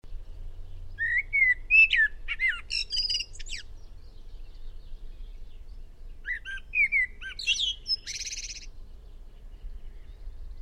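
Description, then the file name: Eurasian blackbird singing two separate phrases, each of low, rich warbled whistles ending in a thin, high twittering flourish, over a faint steady low hum. "Turdus merula"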